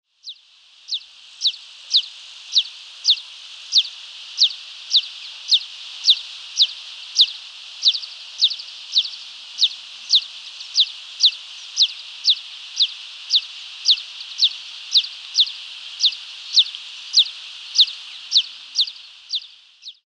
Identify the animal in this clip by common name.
Eurasian Tree Sparrow